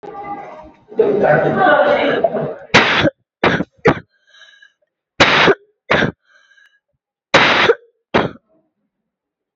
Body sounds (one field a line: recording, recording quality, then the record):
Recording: heavy voluntary cough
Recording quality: excellent, no background noise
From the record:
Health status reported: recovered from COVID-19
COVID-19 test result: negative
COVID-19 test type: RT-PCR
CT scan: not taken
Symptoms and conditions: cough, cold, sore throat, fever, fatigue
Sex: female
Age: 31 years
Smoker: no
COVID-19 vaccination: both doses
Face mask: worn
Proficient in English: yes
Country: India